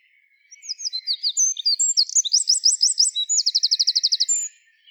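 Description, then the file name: Eurasian wren song, a four-second torrent of shrill, tumbling notes that ends in a rapid, metallic trill, preceded and followed by silence. "Troglodytes troglodytes"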